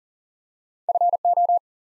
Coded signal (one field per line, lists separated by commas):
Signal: Morse code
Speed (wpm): 42 wpm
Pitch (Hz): 700 Hz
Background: none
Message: FO